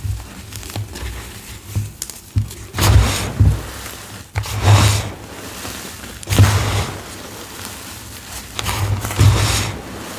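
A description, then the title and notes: Cornstarch blocks crunch in bursts, with louder squeezes near three, five, six and nine seconds. Between them come quieter crackles and soft low thuds from handling. The crunches are crisp and gritty, with fine, bright crumbling. Purple Cornstarch Crunchies. Satisfying crunchy cornstarch + fresh blocks + cyan shimmer oil #asmr #satisfying #gymchalk #dyedgymchalk.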